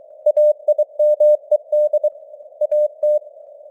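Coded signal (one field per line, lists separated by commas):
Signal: Morse code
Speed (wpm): 23 wpm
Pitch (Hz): 600 Hz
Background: none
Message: AIMED AT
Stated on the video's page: Morse code news headlines at 23 wpm with simulated radio noise and varying signal strength (QSB).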